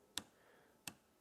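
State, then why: Seated. On a Hyundai HYMT5200X 52cc 5-in-1 petrol multi tool's pole saw attachment, the steel saw chain is pulled away from the guide bar and let go to check its tension. Two sharp snaps are heard at 0.2 s and 0.9 s as the chain snaps back into the bar groove, showing correct tension.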